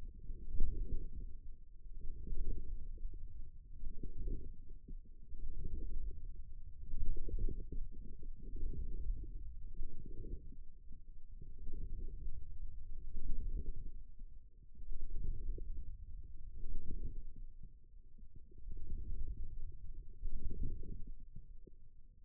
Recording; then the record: forearm muscle sounds (acoustic myography)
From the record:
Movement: radial deviation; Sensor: system 2, bracelet of six BSWA MPA416 microphones around the upper forearm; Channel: 4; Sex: male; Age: 22 years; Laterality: right